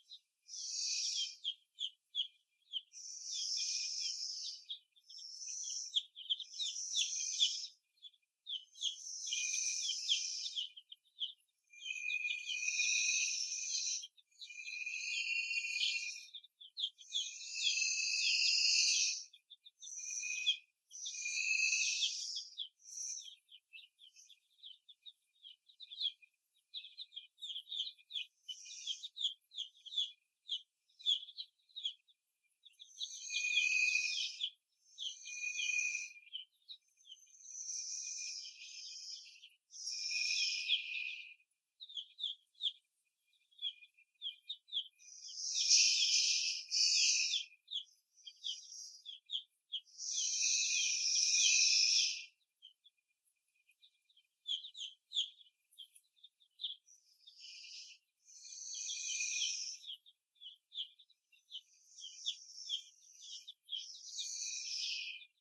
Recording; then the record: young laying hens in a cage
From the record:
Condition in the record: after the stressor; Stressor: simulated dog barking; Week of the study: 1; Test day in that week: 2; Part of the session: 2